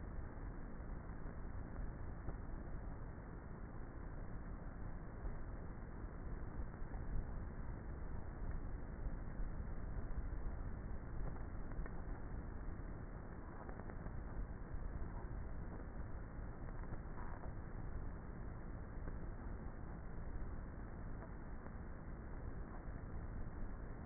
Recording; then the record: honeybee colony, microphone inside the hive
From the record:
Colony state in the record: queenless with a low population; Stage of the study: before two queens were removed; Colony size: about 30,000 bees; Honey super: no